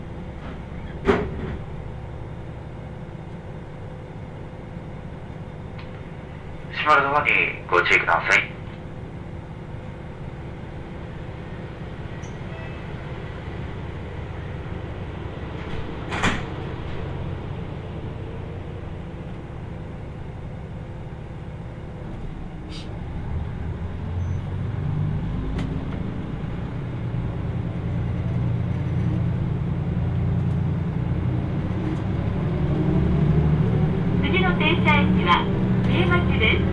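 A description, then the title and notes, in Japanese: Inside a limited express train, a steady low rumble with a faint hum carries through, with brief knocks and voice-like bursts near 7 and 16 seconds. After about 25 seconds the running noise swells and deepens, and light rattling clatter appears near the end. 耳で楽しむ鉄道旅 豊肥本線九州横断特急3号 豊後竹田→三重町。豊後竹田を出ると豊後大野市のある三重町へ向けて進んでいきます。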